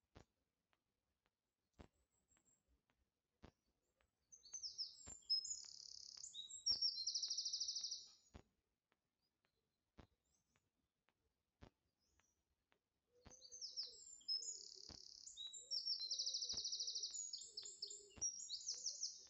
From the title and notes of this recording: Sounds from a Letts Safari Park. Surrounded by wildlife, bush and birdsong. At our first Letts Safari park in Mamhead Park.